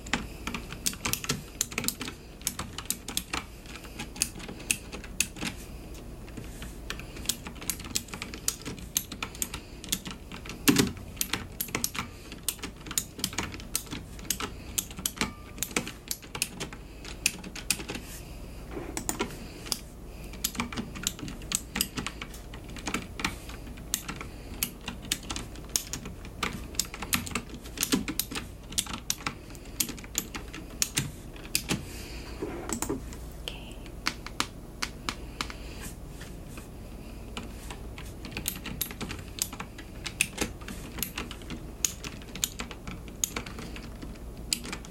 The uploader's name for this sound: Paper sounds, Typing, Stamping, Plastic crinkles